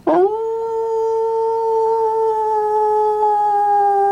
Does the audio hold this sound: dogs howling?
yes